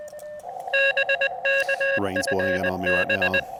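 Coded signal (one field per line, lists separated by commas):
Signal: Morse code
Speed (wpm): 20 wpm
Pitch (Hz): 1650 Hz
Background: speech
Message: BK FB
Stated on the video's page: Sent with a heavy Vibroplex Original Deluxe bug on an Elecraft KX2 QRP field radio with an Elecraft AX1 antenna, during an activation.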